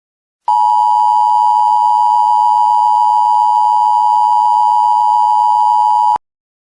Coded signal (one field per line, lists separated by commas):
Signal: Emergency Alert System (SAME) tones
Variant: 853 and 960 Hz attention tone